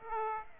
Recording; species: mosquito wingbeat signal from an infrared sensor; Aedes aegypti